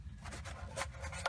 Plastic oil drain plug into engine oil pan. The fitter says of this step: boom it locks you'll hear it snap in place you